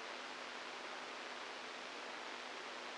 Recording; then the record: brain microelectrode recording played as sound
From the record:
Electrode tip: outside the subthalamic nucleus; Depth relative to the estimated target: 4 mm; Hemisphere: right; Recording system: NeuroSet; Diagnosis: Parkinson's disease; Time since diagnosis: 8 years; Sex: male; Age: 46 years